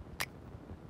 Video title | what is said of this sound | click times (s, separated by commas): Abkt replacement saber neck knife! Did they redeem themselves...... | as you hear it snap back in easy | 0.2 s